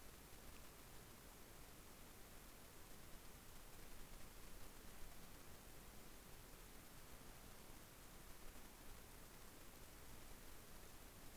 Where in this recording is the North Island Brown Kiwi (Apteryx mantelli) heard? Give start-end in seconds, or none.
none